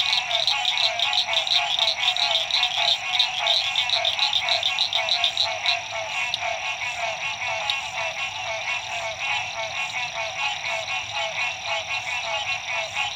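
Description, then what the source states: Dense frog chorus of fast repeated pulsing calls, loudest early and easing slightly later, with no pauses. Frogs at dusk at La Rue PH, Illinois.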